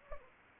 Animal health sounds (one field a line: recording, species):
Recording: mosquito wingbeat signal from an infrared sensor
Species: Anopheles gambiae